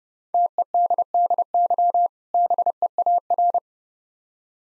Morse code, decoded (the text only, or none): TEDDY BEAR